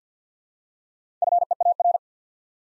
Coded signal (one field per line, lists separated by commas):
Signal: Morse code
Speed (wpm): 48 wpm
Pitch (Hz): 700 Hz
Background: none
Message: FEAR